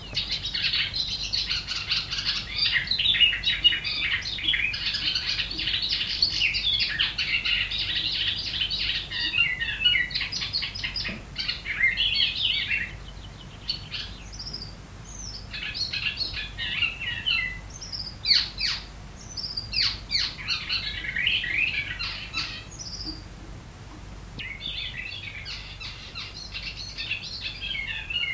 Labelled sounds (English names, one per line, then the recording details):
Icterine Warbler
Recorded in the wild
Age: adult
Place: Bodensdorf, AT
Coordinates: 46.68, 13.97
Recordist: Brunner, Thomas
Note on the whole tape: Aufnahme: Frühjahr 1961, bei Sigl in der Wohnung, Bodensdorf, Ossiachersee, Kärnten